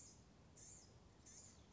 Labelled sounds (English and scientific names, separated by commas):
Blue-gray Gnatcatcher (Polioptila caerulea)